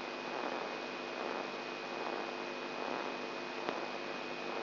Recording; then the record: brain microelectrode recording played as sound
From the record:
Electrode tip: inside the subthalamic nucleus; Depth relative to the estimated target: 2.5 mm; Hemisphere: left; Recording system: AlphaMap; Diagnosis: Parkinson's disease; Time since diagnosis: 11 years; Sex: male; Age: 67 years